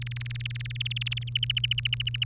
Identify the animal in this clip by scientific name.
Serinus canaria